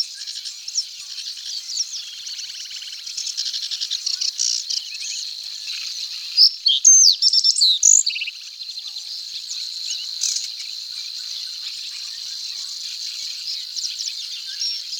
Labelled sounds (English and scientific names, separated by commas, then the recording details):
Reed Bunting (Emberiza schoeniclus) song
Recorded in the wild
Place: Nagyivan / Hortobagy Nationalpark, HU
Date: 1990-05-18
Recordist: Schwarz, Dieter
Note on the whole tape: Song